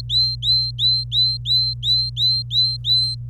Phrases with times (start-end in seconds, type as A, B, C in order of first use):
0.09-3.15 A